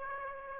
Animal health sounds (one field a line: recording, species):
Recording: mosquito wingbeat signal from an infrared sensor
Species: Aedes aegypti